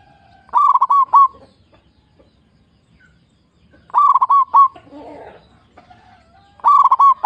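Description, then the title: Zebra dove song of rapid coo notes in three loud bursts, separated by quiet gaps, with a brief soft noise in between. Local zebra dove, described as a frequent singer with a loud, crystal-clear voice. "PERKUTUT LOKAL GACOR Suara KRISTAL LANTANG"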